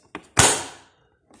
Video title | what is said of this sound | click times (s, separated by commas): Replace Airbag Switch on Audi TT Mk2 | it through this hole and then push it in until it clicks just | 0.4 s